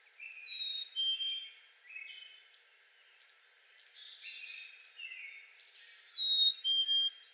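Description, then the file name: Black-capped chickadee singing clear whistled notes in pairs, with other high chirps and twitters from birds mixed in over a faint background hiss. Recorded 17 April 2021; seven songs. "2021-04-17 Black-capped Chickadee 7 Songs"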